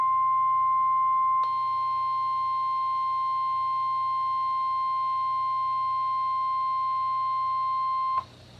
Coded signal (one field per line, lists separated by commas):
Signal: Emergency Alert System (SAME) tones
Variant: 1050 Hz attention tone